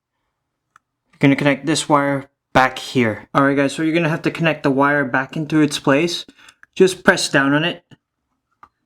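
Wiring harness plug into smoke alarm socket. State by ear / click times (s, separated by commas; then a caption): seated / 8.6 s. Someone talks while pressing a plastic wiring harness plug back into the socket on the back of a smoke alarm. A firm press brings one sharp click at 8.6 s as the plug snaps into place, leaving the connector seated.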